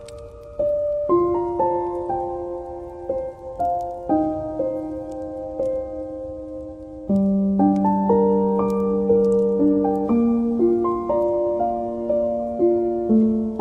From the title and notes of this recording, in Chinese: 星巴克音乐、咖啡厅的氛围与轻松的钢琴曲背景音乐。